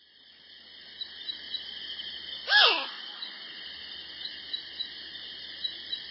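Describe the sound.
Rufous night heron giving a single harsh, croaking squawk that falls in pitch, over a steady high buzz of insects.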